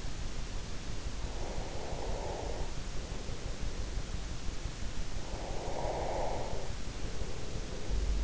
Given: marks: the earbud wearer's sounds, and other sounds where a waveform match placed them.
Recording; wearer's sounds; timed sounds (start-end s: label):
sounds in sleep by an in-ear microphone; breath
1.15-3.98 s: breath
5.22-8.24 s: breath